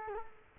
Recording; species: mosquito wingbeat signal from an infrared sensor; Culex quinquefasciatus